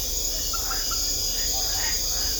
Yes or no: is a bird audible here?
no